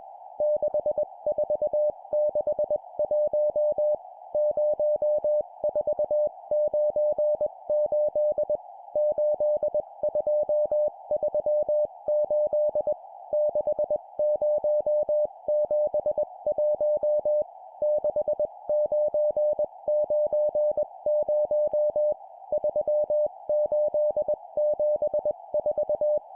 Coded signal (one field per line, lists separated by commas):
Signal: Morse code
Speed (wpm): 21 wpm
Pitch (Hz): 600 Hz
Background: music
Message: 6461 0498 8238 6071 6990 3874